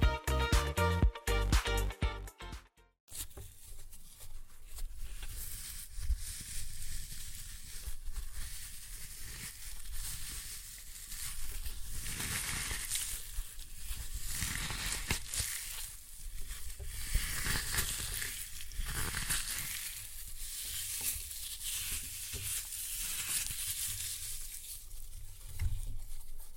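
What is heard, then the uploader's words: Floral foam being crushed, opening with a few loud thumps and knocks before a long, steady crackling crunch with grainy, sizzling rustle throughout. Floral Foam Glitter Bomb Crushing.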